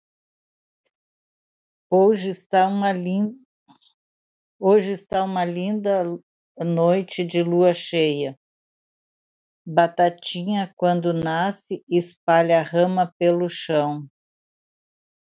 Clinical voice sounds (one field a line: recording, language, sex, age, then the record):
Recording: short text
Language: Brazilian Portuguese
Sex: female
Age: 70 to 79 years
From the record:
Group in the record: control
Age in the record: 75 years